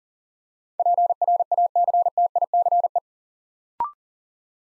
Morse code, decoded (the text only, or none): PRACTICE